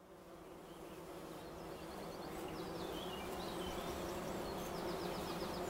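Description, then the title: Bumblebee buzzing, a steady low droning hum that grows slightly louder throughout, with high chirping birds in the background. Bumblebee buzzing recorded in Wülfel, Hannover, Germany. "Wülfel, Hannover, Deutschland - Hummelgebrumm"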